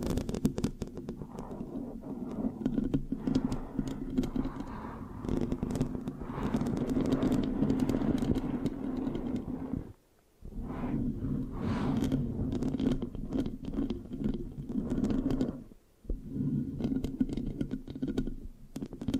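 Mic scratching fills the clip with a dense, steady rubbing and crackling texture, low and full, with sticky ticks flickering above it. The scratching stops briefly twice, near ten seconds and again around sixteen seconds, then resumes at the same pace.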